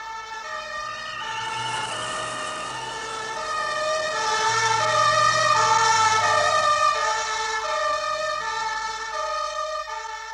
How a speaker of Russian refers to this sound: навстречу мчится скорая.